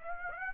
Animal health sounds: mosquito wingbeat signal from an infrared sensor; Aedes aegypti

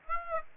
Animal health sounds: mosquito wingbeat signal from an infrared sensor; Aedes aegypti

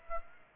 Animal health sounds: mosquito wingbeat signal from an infrared sensor; Aedes aegypti

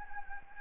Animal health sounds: mosquito wingbeat signal from an infrared sensor; Anopheles gambiae

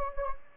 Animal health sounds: mosquito wingbeat signal from an infrared sensor; Anopheles gambiae

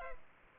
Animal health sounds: mosquito wingbeat signal from an infrared sensor; Culex pipiens

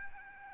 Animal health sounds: mosquito wingbeat signal from an infrared sensor; Aedes albopictus

